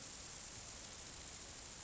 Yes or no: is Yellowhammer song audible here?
no